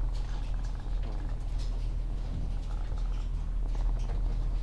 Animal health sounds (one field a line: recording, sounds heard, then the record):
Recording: poultry house recording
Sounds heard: sick chickens (respiratory disease)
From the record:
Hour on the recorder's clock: 16